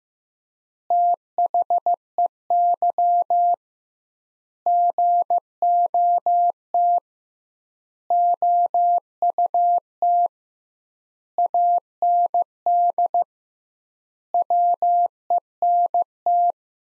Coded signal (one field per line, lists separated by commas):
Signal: Morse code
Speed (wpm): 15 wpm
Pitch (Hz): 700 Hz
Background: none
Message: THEY GOT OUT AND WENT